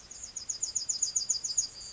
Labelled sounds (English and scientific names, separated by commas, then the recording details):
Yellowhammer (Emberiza citrinella) song
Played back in grassland
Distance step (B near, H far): E
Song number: 157